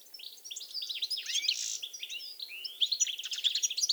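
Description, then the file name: European goldfinch song, a continuous liquid twitter of high chirps with a short rushing burst midway, ending in a quick rattling trill. "Carduelis carduelis"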